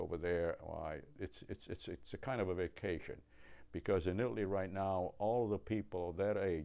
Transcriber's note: none